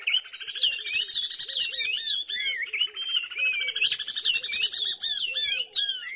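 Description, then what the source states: Oriole Warbler duet, a rising series of short staccato notes beneath looping whistled phrases, continuing throughout. Duet recorded in Senegal; the female keeps time with a rising series of staccato notes while the male whistles along.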